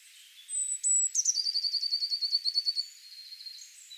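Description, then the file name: Eurasian blue tit song: a thin high whistle and brief notes, then a fast, even trill of bright repeated notes lasting nearly two seconds. "Cyanistes caeruleus"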